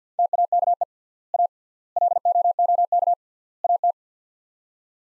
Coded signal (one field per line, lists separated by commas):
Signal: Morse code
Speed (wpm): 50 wpm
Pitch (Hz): 700 Hz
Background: none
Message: TAKE A LOOK AT